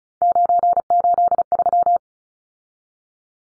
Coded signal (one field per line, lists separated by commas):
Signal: Morse code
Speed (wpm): 34 wpm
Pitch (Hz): 700 Hz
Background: none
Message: 983